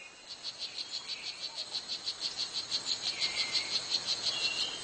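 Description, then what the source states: Strawberry poison dart frog giving a steady train of high, clicking buzzy pulses, evenly spaced and growing slightly louder. Male calling in the jungle to attract mates, cicada-like and as loud as possible; frog only 2 cm long; poisonous, so needs no hiding.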